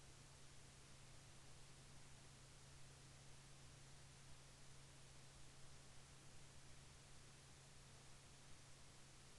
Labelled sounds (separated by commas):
wind